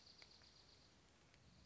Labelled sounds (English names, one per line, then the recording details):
Dark-eyed Junco
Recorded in Sonoma County, California